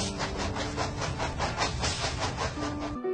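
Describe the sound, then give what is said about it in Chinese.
A southbound train rolls steadily along the rails, its wheels beating out a quick, regular clatter over a loud, continuous rumble and hiss, with no voices. “可路还在脚下，南行的火车丝毫的没有变化。”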